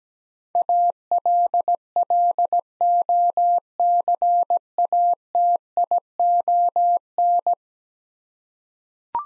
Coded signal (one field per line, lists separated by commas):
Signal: Morse code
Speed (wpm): 17 wpm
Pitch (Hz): 700 Hz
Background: none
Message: ALLOCATION